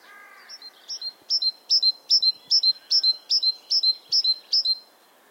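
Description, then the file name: Great tit song: a bright two-note high-low phrase repeated about ten times in a steady rhythm. "Parus major"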